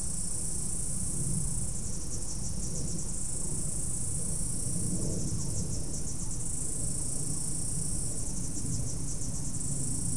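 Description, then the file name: Insects trilling in an unbroken high-pitched drone with slight rhythmic swells, set against constant low-frequency background noise. "mainly insect"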